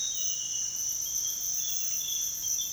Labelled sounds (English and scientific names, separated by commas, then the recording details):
none
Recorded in secondary vegetation near Puerto Asís, Putumayo, Colombia, on 29 June 2025 at 06:00
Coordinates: 0.485, -76.322
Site GP06